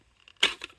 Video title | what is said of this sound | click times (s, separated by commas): TOPS Operator 7 Custom Kydex Systems | all right so let's get the fit here of the op seven nice click in | 0.4 s